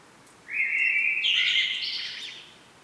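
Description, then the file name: Common blackbird song: a single mellow whistled phrase of about two seconds that rises into a thin, scratchy high flourish at the end. "Turdus merula"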